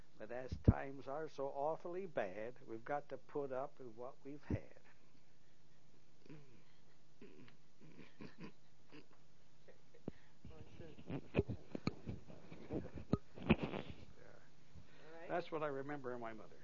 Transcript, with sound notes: But as times are so awfully bad. We've got to put up with what we've had." (both laugh) (inaudible noises)
Alright.
That's what I remember of my mother.